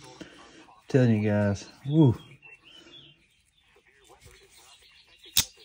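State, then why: Seated. Someone talks and exclaims while the newly replaced main blade of a Camillus folding knife is operated. At 5.4 s it snaps sharply into place against the backspring in the handle, and the repaired blade seats perfectly.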